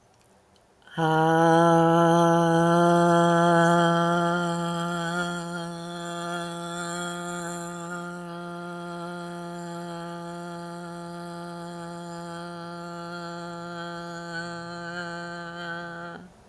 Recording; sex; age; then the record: vowel held as long as possible; female; 50 to 59 years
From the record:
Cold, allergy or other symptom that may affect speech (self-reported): no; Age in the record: 51 years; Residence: Arizona, United States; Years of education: 14